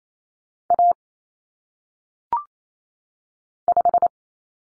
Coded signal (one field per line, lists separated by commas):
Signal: Morse code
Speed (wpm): 28 wpm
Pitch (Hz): 700 Hz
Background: none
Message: A 5